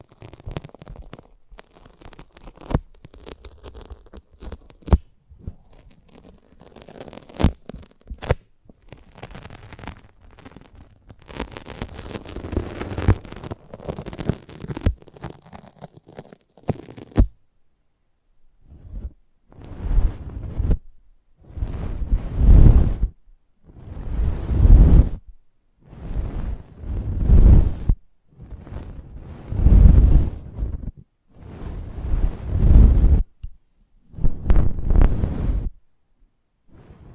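Close-up mic handling: about seventeen seconds of dense scratchy rubbing and clicks, then a pause and rhythmic low rushing swells every two seconds.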